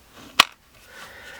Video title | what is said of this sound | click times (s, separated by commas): CMC IWB Holsters for Glock Pistols | fits well to the skin, but yet you have that nice little click sound when you insert the pistol. | 0.4 s